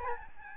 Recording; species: mosquito wingbeat signal from an infrared sensor; Aedes albopictus